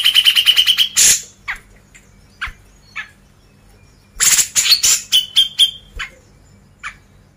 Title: MASTERAN CUCAK JENGGOT